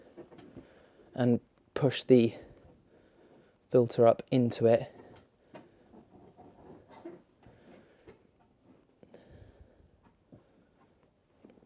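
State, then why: Not seated. On a Renault Scenic 3, the diesel fuel filter is being pushed up into the green push-fit fuel pipe connector while the pipe is supported from above. Someone talks, followed by quiet handling noises with faint ticks around 9.0 and 11.5 seconds. The connector has not snapped home yet, so nothing has seated or clicked.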